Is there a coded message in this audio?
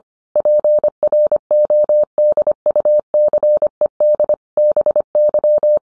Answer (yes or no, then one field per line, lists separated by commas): yes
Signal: Morse code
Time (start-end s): 0.4-5.8 s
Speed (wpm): 25 wpm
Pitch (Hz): 600 Hz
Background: none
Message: PRODUCED BY